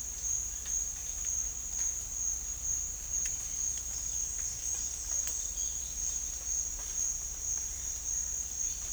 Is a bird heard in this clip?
no